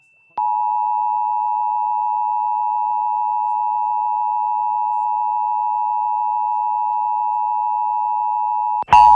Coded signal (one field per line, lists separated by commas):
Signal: Emergency Alert System (SAME) tones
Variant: 853 and 960 Hz attention tone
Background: speech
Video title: Pennsylvania Required Monthly Tests (12/16/21)(EAS 1021-1028)